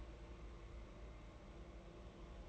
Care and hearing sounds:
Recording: daily activity, microphone in the room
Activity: take from stove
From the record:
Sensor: 3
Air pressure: 992.0 hPa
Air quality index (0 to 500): 228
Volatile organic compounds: 1000 ppm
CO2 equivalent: 7833 ppm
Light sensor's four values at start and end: 25/74/30/25 and 25/74/30/25

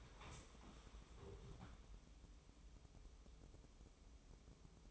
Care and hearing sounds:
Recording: daily activity, microphone in the room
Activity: stand up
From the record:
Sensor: 1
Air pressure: 1005.2 hPa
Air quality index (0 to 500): 124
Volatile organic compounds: 5 ppm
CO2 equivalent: 1740 ppm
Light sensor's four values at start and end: 11/27/11/12 and 11/26/11/11

